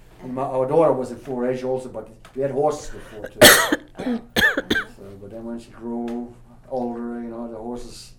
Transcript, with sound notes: Our daughter was at 4-H also, but we had horses before, too. (coughs) But then when she grew older, you know, and the horses